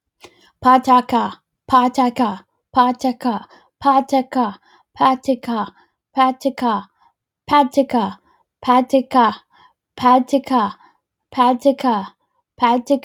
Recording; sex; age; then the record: repeated syllables /pa ta ka/; female; 30 to 39 years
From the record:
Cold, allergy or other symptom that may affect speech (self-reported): no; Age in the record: 31 years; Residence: South Carolina, United States